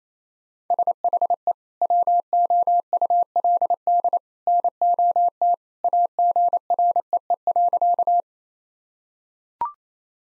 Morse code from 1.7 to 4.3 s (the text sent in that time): WOULD